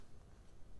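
A plastic pen-holder clip is pushed down toward the little clips in a tablet case, heard as low, steady handling noise over about 0.8 seconds with no sharp transients. Nothing has seated or clicked yet.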